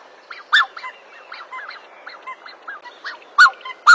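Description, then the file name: Black-necked swan calls: a series of short, soft honking notes, with a few louder, sharper notes standing out near the start and end. "Canto do cisne de pescoco preto"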